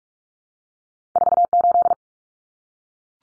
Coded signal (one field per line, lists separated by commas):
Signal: Morse code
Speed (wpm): 44 wpm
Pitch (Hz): 700 Hz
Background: none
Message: 48